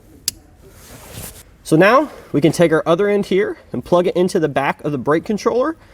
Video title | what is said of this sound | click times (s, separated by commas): Install: Curt Discovery NEXT Trailer Brake Controller w/ Custom Harness on a 2015 Toyota 4Runner | It should really only go in one way and we should hear it click into place when it's locked. | 0.3 s